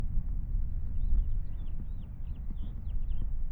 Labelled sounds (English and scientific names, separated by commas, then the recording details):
House Finch (Haemorhous mexicanus) song
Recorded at Wantagh on Long Island, New York, on 21 May 1975
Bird I